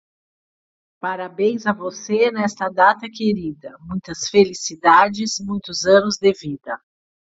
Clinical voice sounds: short text; Brazilian Portuguese; female; 50 to 59 years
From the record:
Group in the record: control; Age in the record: 57 years

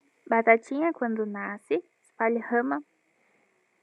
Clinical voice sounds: short text; Brazilian Portuguese; female; 20 to 29 years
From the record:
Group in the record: control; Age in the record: 22 years

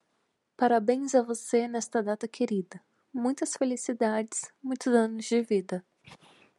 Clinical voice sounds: short text; Brazilian Portuguese; female; 30 to 39 years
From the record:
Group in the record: control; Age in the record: 32 years

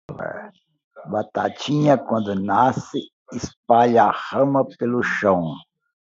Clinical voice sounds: short text; Brazilian Portuguese; male; 70 to 79 years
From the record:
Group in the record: control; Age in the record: 71 years

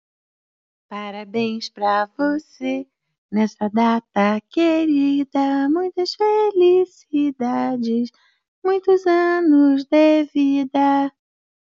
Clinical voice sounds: short text; Brazilian Portuguese; female; 60 to 69 years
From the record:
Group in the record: control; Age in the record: 61 years

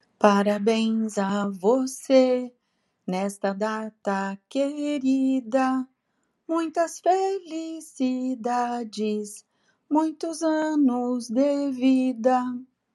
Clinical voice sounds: short text; Brazilian Portuguese; female; 60 to 69 years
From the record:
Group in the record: control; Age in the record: 67 years

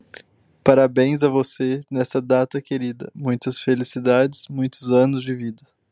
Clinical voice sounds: short text; Brazilian Portuguese; male; 20 to 29 years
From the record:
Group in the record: control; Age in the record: 29 years

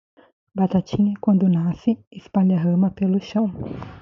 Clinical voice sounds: short text; Brazilian Portuguese; female; 30 to 39 years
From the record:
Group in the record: control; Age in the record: 36 years

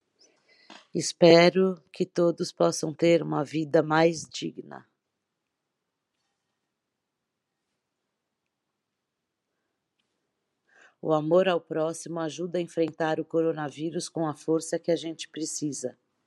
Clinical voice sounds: spoken sentence; Brazilian Portuguese; female; 40 to 49 years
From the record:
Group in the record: control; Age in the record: 46 years

